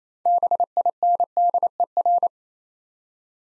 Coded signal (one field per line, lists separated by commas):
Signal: Morse code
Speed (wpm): 28 wpm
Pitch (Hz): 700 Hz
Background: none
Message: BINDER